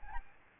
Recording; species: mosquito wingbeat signal from an infrared sensor; Aedes albopictus